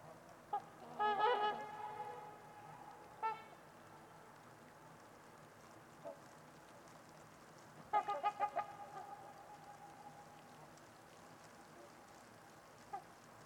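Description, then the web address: Trumpeter swans giving two loud bursts of rapid, brassy trumpeting honks with isolated single notes between, over faint background hiss. Winter evening at Winters Lake in a deep, quiet valley; distant white noise noted. "Trumpeter Swans on a Winter's Eve. Nick-Mc Mahan Winters-Lake-with-Swan. Wind Is the Original Radio"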